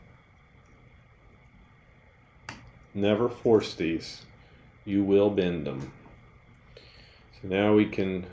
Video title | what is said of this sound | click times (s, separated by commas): AUTEL EVO 2 - HOW TO REPLACE SENSORS | and you always make sure you're lined up and you'll hear a little click | 2.5 s